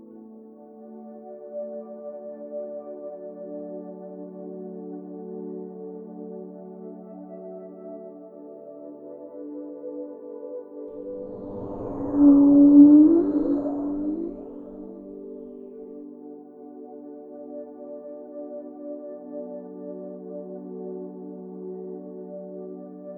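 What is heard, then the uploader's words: Whale song set over a steady, low ambient drone of layered sustained tones. Around twelve to thirteen seconds a single louder call rises in pitch, with a brief rumbling swell beneath it, before the calm drone carries on unchanged. A meditative and healing Whale Song with a mixture of Humpback whale calls, calming ocean noises and relaxing ambient music.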